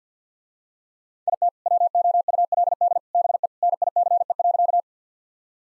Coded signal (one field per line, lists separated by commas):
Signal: Morse code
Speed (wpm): 50 wpm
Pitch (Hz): 700 Hz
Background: none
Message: IT WOULD BE NICE.